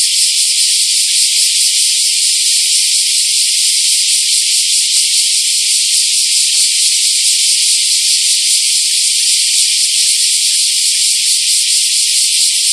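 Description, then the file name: Bear cicada: a steady, piercing, high buzz sustained for the full length, with slight rhythmic pulsing and no other clear sounds. Recorded on 2011-07-23. "110723 kumazemi"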